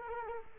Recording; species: mosquito wingbeat signal from an infrared sensor; Culex quinquefasciatus